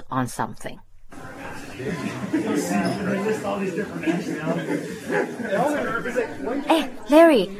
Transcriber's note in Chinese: college hallway noise